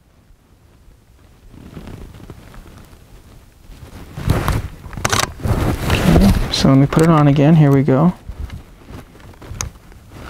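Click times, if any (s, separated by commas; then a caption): 9.6 s. A flash trigger transceiver that was sitting slightly back, not fully in, is slid back onto a camera's hot shoe and pushed home, with sliding and scraping sounds from about 4 s while someone talks. It seats with a sharp click at 9.6 s.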